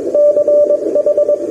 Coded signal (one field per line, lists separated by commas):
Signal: Morse code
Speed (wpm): 22 wpm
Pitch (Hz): 590 Hz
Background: radio noise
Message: CH